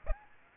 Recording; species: mosquito wingbeat signal from an infrared sensor; Aedes aegypti